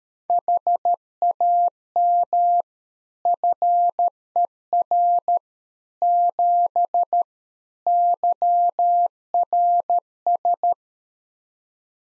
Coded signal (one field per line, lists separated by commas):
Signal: Morse code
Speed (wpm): 13 wpm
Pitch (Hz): 700 Hz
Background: none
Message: HAM FER 7 YRS